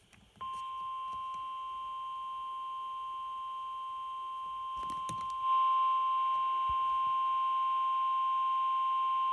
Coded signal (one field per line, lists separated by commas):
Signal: Emergency Alert System (SAME) tones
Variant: 1050 Hz attention tone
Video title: EAS Severe Thunderstorm Warning EAS#116-118